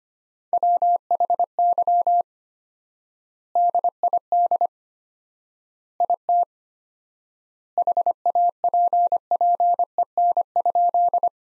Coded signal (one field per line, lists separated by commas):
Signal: Morse code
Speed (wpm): 25 wpm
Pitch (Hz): 700 Hz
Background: none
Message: WHY DID IT HAPPEN?